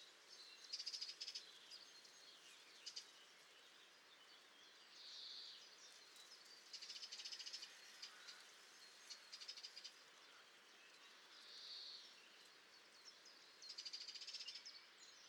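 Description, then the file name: Eurasian wren song: bursts of high, rapid trills and rattles separated by short pauses, with a steady background hiss. "Troglodytes troglodytes"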